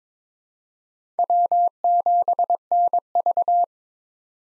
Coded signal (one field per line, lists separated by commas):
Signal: Morse code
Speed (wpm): 22 wpm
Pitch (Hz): 700 Hz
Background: none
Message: W7NV